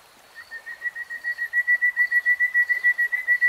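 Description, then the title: Nightingale song phrase: a pure whistled note pulsed rapidly, swelling louder and then holding steady. "[Tiếng chim hót] REALTIME Nightingale Singing"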